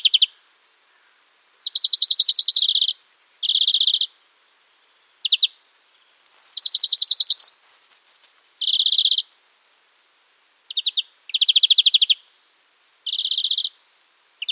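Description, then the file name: European greenfinch song: a series of rapid trilled phrases, short and longer bursts mixed, separated by brief pauses. "Chloris chloris"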